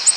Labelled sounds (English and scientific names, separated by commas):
Ovenbird (Seiurus aurocapilla) flight call